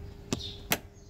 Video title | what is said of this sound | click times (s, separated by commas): How to replace AC cabin air filter in Kia Sportage | its securely in place, you should hear a click when you push it in on the left side. | 0.3 s, 0.7 s